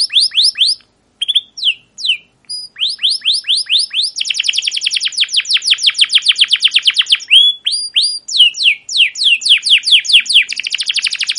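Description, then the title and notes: Canary singing steadily: downward-slurred chirps in groups, then a long fast trill of repeated notes, returning to varied chirps. Long chattering 'cuit cuit ngerol' canary song used as a lure or master recording to train young canaries to sing. "CUIT CUIT NGEROL LANGSUNG GACOR PANJANG Kenari Ini AMPUH Utk Pancingan KENAR. PANCINGAN Kenari GACOR PANJANG Cuit CUIT EMOSI ini AMPUH utk MASTERAN Kenari PAUD belajar BUNYI. burung kenari"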